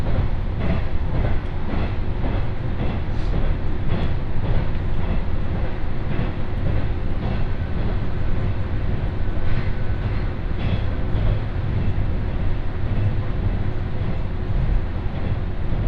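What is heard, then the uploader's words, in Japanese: An Ibara Railway train running between stations, with a thick, steady low rumble that never lets up. Brighter clacks from the wheels and rails repeat every second or so, and a faint constant whine hums beneath the motion. 井原鉄道 道上→神辺→備中呉妹。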